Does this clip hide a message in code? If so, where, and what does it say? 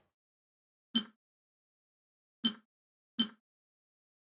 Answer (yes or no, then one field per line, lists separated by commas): no